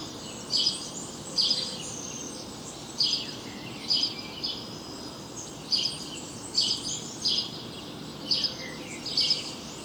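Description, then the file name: House sparrow chirping in short bright notes, repeated at irregular intervals throughout over continuous background hiss. "Passer domesticus"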